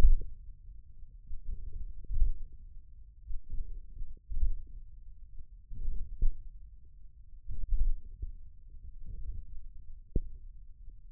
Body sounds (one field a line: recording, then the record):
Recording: forearm muscle sounds (acoustic myography)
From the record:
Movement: hook grip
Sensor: system 1, eight BSWA MPA416 microphones around the upper forearm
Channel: 6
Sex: male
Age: 28 years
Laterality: right